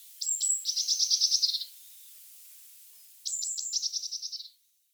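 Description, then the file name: Eurasian blue tit: two phrases of high thin notes followed by a rapid buzzy churr, about three seconds apart. "Cyanistes caeruleus"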